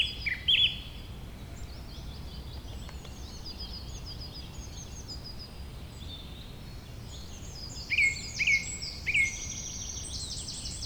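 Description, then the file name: Bird song, sparse: one brief chirp early, then faint twittering before three clear whistled notes in quick succession near the end. "beautiful Birdsong"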